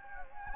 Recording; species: mosquito wingbeat signal from an infrared sensor; Anopheles gambiae